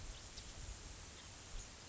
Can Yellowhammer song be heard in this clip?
no